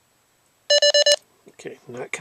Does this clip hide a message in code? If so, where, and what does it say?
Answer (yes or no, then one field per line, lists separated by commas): no